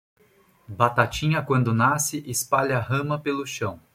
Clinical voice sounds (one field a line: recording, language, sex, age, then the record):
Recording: short text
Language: Brazilian Portuguese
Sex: male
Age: 40 to 49 years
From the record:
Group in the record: control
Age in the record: 43 years